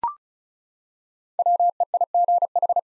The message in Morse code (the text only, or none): WEIGH